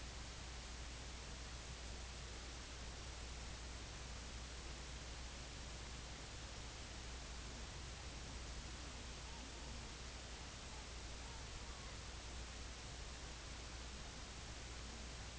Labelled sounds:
King Eider (Somateria spectabilis), unidentified sound
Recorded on Arctic tundra, site IGLO-A, on 24 June 2018
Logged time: 23:59

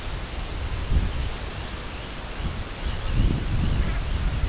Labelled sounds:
Arctic Tern (Sterna paradisaea)
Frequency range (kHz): Arctic Tern (Sterna paradisaea) 2.2-4.0 kHz
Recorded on Arctic tundra, site CORI-1, on 18 June 2018
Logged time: 04:00

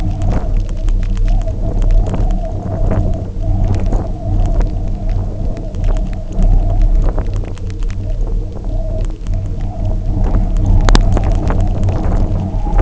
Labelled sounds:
none
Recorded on Arctic tundra, site UTQI-0, on 27 June 2018
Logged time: 20:00

